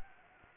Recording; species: mosquito wingbeat signal from an infrared sensor; Anopheles gambiae